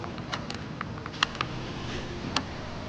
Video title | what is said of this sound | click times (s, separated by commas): 2014 Passat TDI Timing Belt | nice click pull on them they feel good | 1.2 s